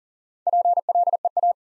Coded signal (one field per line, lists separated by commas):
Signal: Morse code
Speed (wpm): 42 wpm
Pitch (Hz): 700 Hz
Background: none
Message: PLEA